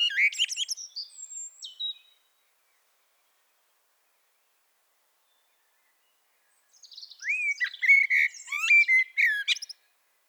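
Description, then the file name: Common blackbird song: a scratchy twittering end of one phrase, a long silence, then a new mellow whistled warble closing with sharp high squeaks. "Turdus merula"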